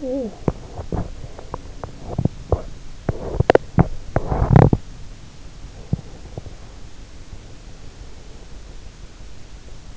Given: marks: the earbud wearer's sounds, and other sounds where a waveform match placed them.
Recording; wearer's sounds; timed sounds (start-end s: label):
sounds in sleep by an in-ear microphone; talking in sleep, body movement, teeth grinding
0.00-0.84 s: talking in sleep
0.00-7.39 s: body movement
3.34-4.86 s: teeth grinding